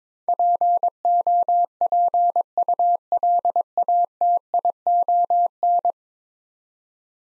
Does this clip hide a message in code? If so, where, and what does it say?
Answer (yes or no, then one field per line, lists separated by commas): yes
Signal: Morse code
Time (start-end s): 0.3-5.9 s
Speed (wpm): 21 wpm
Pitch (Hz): 700 Hz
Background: none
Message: POPULATION